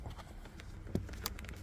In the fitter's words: until I heard that clip I know you guys probably heard a little click but it clicked so now I know it's all in there